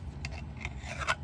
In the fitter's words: and you hear that snap